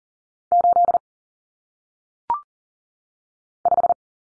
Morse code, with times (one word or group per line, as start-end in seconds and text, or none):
0.5-1.0 8
3.7-3.9 5